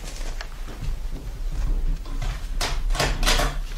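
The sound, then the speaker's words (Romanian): A door is unlocked and opened: a few soft clunks and rattles, then a louder burst of scraping and knocking near the end, over a steady low rumble. “Bate cineva în ușe, bunică Nokomis? Descuie și poftește-l să intre.”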